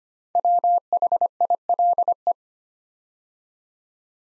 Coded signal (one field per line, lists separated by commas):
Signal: Morse code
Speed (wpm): 25 wpm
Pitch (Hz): 700 Hz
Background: none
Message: WHILE